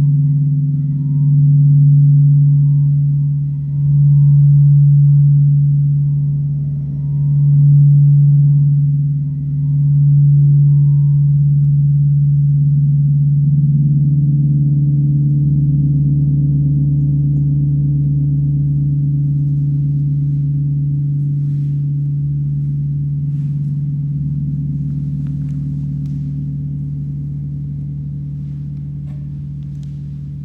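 A deep, steady ringing tone from a singing bowl or gong hums throughout, swelling and pulsing in slow waves for the first ten seconds. A faint higher overtone fades out early, and the drone then settles and gradually softens toward the end.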